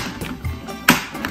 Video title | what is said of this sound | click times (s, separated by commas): Making few upgrades in home - New shoe rack installation - Cleaning the garage - | like this मतलब lock हो गया and ये हो गया | 0.9 s